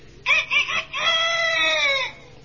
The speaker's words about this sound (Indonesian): Dan terakhir, ayam kate.